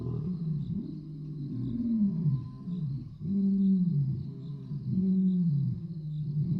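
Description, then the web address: Lion giving a series of low, drawn-out grunting roars that fall in pitch, spaced a second or two apart, over a faint continuous high hum. "lion roar. trip to the zoo animals sound sensory story"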